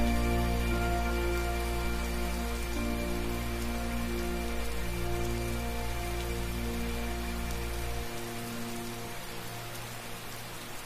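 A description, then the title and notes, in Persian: A rainy night at Hogwarts: steady, dense rain hiss under a sustained low droning hum with faint held tones. The deepest rumble cuts out around eight seconds, and the whole scene fades slightly toward the end. هاگواترز در شب بارانی.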